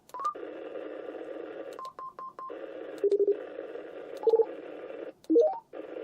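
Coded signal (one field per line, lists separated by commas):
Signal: roger beep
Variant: Retevis CB radio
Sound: hissing static bursts, each ending in a short beep tune: triple beeps, two-tone warble, rising scale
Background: radio static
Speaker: go back to Roger Beeps. So, we got I believe we got six, I believe.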